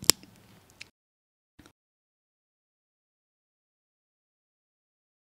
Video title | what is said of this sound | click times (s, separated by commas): How to activate the Nano Patch Pump Nano Patch Pump & EasyPatch V2 0 | Push down all the way until you hear a click. | 0.1 s